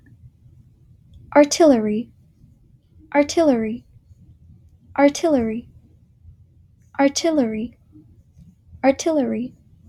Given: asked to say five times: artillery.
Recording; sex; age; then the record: repeated word; female; 20 to 29 years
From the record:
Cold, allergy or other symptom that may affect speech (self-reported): no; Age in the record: 23 years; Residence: California, United States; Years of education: 16